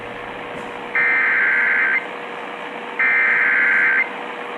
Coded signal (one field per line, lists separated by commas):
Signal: Emergency Alert System (SAME) tones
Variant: header bursts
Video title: Flash Flood Warning on WWL 870 AM | EAS #233 (1/24/24)